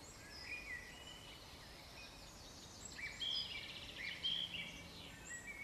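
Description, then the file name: Eurasian wren singing faintly, with a rattling trill of high notes midway through, against steady background noise. "Troglodytes troglodytes"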